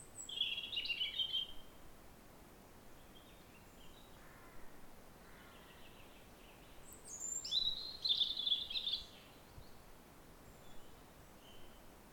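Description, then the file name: European robin song in two separate phrases of high jangling warbles, one at the start and one later, with quiet noise between. "Erithacus rubecula"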